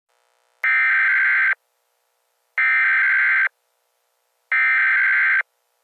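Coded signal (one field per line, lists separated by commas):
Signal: Emergency Alert System (SAME) tones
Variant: header bursts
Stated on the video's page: Fictional EAS scenario made for entertainment, not a real alert.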